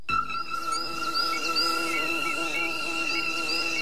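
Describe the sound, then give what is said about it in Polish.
A thin, high-pitched mosquito whine hums steadily for a few seconds, wavering slightly in pitch with no pauses and no voices. “Chyba zaczniemy od tego bzz, w zasadzie bii. cichutkiego, brzęczącego i frustrującego wszystkich wtedy, kiedy zasypiamy, chowamy się pod kołdrę gorącą.”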